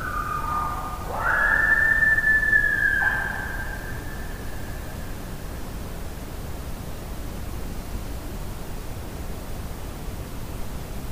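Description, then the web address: Coyote howls: a lower tone at the start, then a louder sustained howl that holds level for about two seconds before dropping away, with steady hiss behind. Howl recorded on 26 July 2009. "Coyote 2009 07 26 howl"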